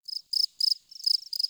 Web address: Soulframe Sounds. Forest Open Glade Day Forest Open Glade Cricket Close